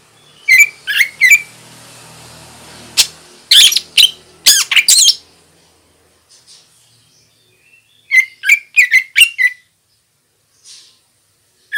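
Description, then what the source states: Greater green leafbird calls: groups of short sharp chirps and harsher bursts, separated by pauses. Female.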